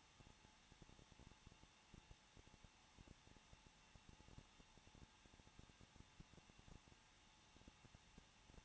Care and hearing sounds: daily activity, microphone in the room; no activity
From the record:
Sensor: 1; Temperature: 20.1 degrees Celsius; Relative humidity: 39.2%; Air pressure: 1006.3 hPa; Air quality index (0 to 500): 218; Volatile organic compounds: 79 ppm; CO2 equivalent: 3595 ppm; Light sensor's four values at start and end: 1/2/1/1 and 1/2/1/1

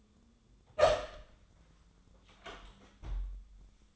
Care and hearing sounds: daily activity, microphone in the room; open door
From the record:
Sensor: 3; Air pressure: 1004.9 hPa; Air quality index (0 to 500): 75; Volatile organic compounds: 2 ppm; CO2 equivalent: 1137 ppm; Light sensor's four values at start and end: 8/19/8/7 and 8/19/8/7

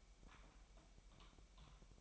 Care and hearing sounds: daily activity, microphone in the room; typing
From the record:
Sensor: 1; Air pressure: 1002.0 hPa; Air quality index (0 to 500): 244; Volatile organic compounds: 49 ppm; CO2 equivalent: 3285 ppm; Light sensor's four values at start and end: 8/29/11/12 and 8/29/11/12

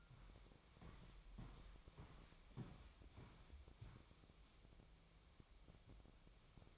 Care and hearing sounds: daily activity, microphone in the room; walk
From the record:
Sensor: 1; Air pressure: 1001.7 hPa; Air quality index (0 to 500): 222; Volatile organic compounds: 30 ppm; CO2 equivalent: 2961 ppm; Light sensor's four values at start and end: 9/33/12/14 and 9/33/12/13

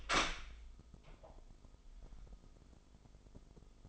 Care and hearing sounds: daily activity, microphone in the room; open door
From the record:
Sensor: 5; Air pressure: 996.3 hPa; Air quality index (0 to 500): 32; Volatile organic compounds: 1 ppm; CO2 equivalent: 570 ppm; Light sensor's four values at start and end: 43/102/42/44 and 43/101/42/44

